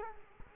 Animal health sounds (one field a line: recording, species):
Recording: mosquito wingbeat signal from an infrared sensor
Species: Culex quinquefasciatus